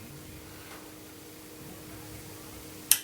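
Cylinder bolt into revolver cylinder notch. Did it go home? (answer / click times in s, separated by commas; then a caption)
yes / 2.9 s. On a reassembled percussion revolver being checked for timing, the hammer is drawn back slowly until the steel cylinder bolt rises and drops into the cylinder's bolt notch. Steady low background noise runs under a single sharp click at 2.9 s, which quickly decays. The bolt seats and locks the cylinder before the hammer reaches full cock.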